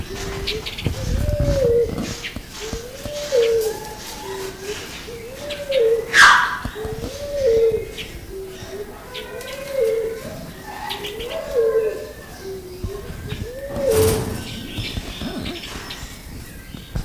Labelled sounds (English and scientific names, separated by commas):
Trumpet Manucode (Phonygammus keraudrenii) call